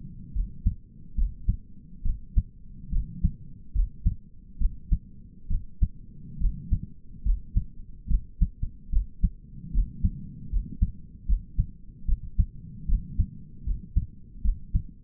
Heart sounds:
heart sounds by stethoscope; 72 bpm
0.35 s: heartbeat
1.17 s: heartbeat
2.05 s: heartbeat
2.92 s: heartbeat
3.75 s: heartbeat
4.60 s: heartbeat
5.50 s: heartbeat
6.40 s: heartbeat
7.25 s: heartbeat
8.10 s: heartbeat
8.92 s: heartbeat
9.73 s: heartbeat
10.51 s: heartbeat
11.28 s: heartbeat
12.08 s: heartbeat
12.88 s: heartbeat
13.66 s: heartbeat
14.44 s: heartbeat
From the record:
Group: healthy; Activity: cold pressor test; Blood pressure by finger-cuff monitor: 95/70 mmHg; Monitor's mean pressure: 80 mmHg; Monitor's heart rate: 72 bpm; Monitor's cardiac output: 5.7 L/min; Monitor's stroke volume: 81 mL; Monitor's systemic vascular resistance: 1010 dyn s/cm5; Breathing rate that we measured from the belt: 18 breaths a minute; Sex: male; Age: 22 years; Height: 181 cm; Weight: 79 kg

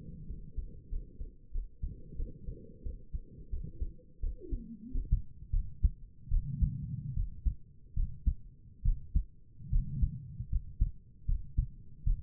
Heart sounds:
heart sounds by stethoscope; 82 bpm
0.27 s: heartbeat
0.90 s: heartbeat
1.52 s: heartbeat
2.17 s: heartbeat
2.83 s: heartbeat
3.51 s: heartbeat
4.21 s: heartbeat
4.93 s: heartbeat
5.52 s: heartbeat
6.30 s: heartbeat
7.15 s: heartbeat
7.95 s: heartbeat
8.84 s: heartbeat
9.71 s: heartbeat
10.51 s: heartbeat
11.27 s: heartbeat
12.05 s: heartbeat
From the record:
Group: healthy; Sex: female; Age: 22 years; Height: 163 cm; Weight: 67.1 kg

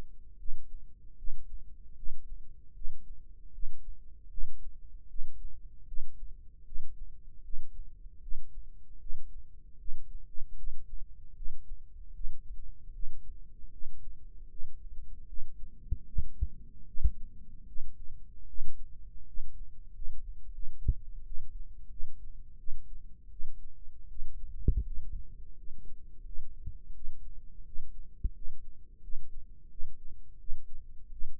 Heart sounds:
heart sounds by microphone in the left ear; 80 bpm
0.38 s: heartbeat
1.17 s: heartbeat
1.95 s: heartbeat
2.74 s: heartbeat
3.52 s: heartbeat
4.30 s: heartbeat
5.08 s: heartbeat
5.86 s: heartbeat
6.65 s: heartbeat
7.43 s: heartbeat
8.21 s: heartbeat
8.99 s: heartbeat
9.78 s: heartbeat
10.56 s: heartbeat
11.35 s: heartbeat
12.13 s: heartbeat
12.92 s: heartbeat
13.71 s: heartbeat
14.48 s: heartbeat
15.26 s: heartbeat
16.06 s: heartbeat
16.86 s: heartbeat
17.66 s: heartbeat
18.47 s: heartbeat
19.25 s: heartbeat
19.93 s: heartbeat
20.52 s: heartbeat
21.25 s: heartbeat
21.90 s: heartbeat
22.58 s: heartbeat
23.30 s: heartbeat
24.08 s: heartbeat
24.84 s: heartbeat
25.55 s: heartbeat
26.24 s: heartbeat
26.93 s: heartbeat
27.64 s: heartbeat
28.33 s: heartbeat
29.01 s: heartbeat
29.69 s: heartbeat
30.38 s: heartbeat
31.10 s: heartbeat
From the record:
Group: healthy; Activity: breath hold 0-18 s, rest 18-31 s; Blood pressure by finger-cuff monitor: 133/83 mmHg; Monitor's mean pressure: 98 mmHg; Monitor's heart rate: 77 bpm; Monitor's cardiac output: 5.8 L/min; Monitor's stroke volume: 76 mL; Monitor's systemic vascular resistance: 1220 dyn s/cm5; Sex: female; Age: 37 years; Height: 168 cm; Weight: 70 kg

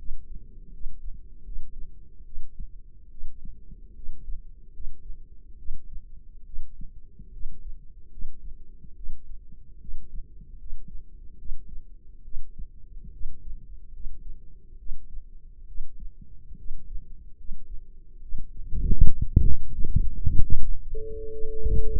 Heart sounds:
heart sounds by microphone in the left ear; 73 bpm
0.71 s: heartbeat
1.43 s: heartbeat
2.24 s: heartbeat
3.09 s: heartbeat
3.94 s: heartbeat
4.71 s: heartbeat
5.56 s: heartbeat
6.44 s: heartbeat
7.31 s: heartbeat
8.09 s: heartbeat
8.94 s: heartbeat
9.79 s: heartbeat
10.57 s: heartbeat
11.36 s: heartbeat
12.22 s: heartbeat
13.11 s: heartbeat
13.91 s: heartbeat
14.77 s: heartbeat
15.66 s: heartbeat
16.56 s: heartbeat
17.35 s: heartbeat
18.20 s: heartbeat
19.04 s: heartbeat
19.85 s: heartbeat
20.59 s: heartbeat
21.29 s: heartbeat
From the record:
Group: healthy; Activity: rest 0-20 s, breath hold 20-22 s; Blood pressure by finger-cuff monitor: 139/74 mmHg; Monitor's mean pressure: 93 mmHg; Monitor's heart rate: 73 bpm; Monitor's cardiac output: 7 L/min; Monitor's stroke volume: 94 mL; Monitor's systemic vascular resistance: 980 dyn s/cm5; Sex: female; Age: 22 years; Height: 154 cm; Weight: 58.7 kg

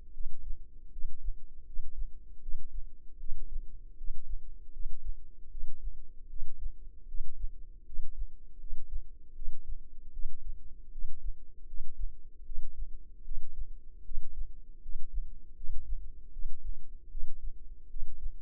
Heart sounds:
heart sounds by microphone in the left ear; 78 bpm
0.11 s: heartbeat
0.89 s: heartbeat
1.63 s: heartbeat
2.39 s: heartbeat
3.17 s: heartbeat
3.95 s: heartbeat
4.70 s: heartbeat
5.48 s: heartbeat
6.27 s: heartbeat
7.05 s: heartbeat
7.83 s: heartbeat
8.57 s: heartbeat
9.33 s: heartbeat
10.10 s: heartbeat
10.89 s: heartbeat
11.65 s: heartbeat
12.43 s: heartbeat
13.22 s: heartbeat
14.02 s: heartbeat
14.80 s: heartbeat
15.54 s: heartbeat
16.30 s: heartbeat
17.08 s: heartbeat
17.87 s: heartbeat
From the record:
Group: healthy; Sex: female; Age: 22 years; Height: 160 cm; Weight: 45 kg

